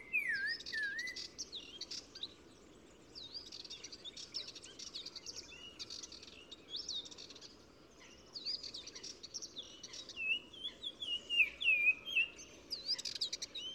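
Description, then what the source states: Black-crowned tchagra song: clear whistled phrases of descending, slurred notes at the start and again near the end, amid busy high chirping from other birds. Recorded 15 March 2000 at Oued Massa, Morocco, in spring in gardens around Zaouit Massa village at the river mouth; sings in hedges and bushes; repeated phrase; Nagra Ares BB with Telinga Pro6.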